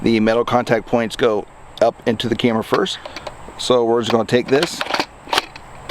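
Someone talks while holding a plastic battery pack holder, metal contacts first, up to a Cabela's Gen 3 Outfitter IR trail camera body. Brief handling knocks are heard near the end, around 5.3 s and 5.9 s. The pack has not yet seated or clicked into the camera.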